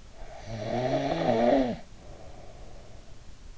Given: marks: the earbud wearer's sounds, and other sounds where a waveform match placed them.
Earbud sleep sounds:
sounds in sleep by an in-ear microphone; snoring breath
0.13-3.32 s: snoring breath

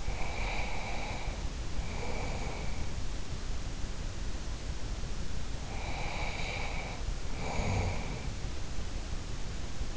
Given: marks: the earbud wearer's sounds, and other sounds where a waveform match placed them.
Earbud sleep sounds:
sounds in sleep by an in-ear microphone; breath, snoring breath
0.00-3.00 s: breath
5.64-8.35 s: snoring breath

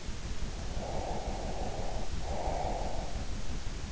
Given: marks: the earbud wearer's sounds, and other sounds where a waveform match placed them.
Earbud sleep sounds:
sounds in sleep by an in-ear microphone; breath
0.54-3.20 s: breath

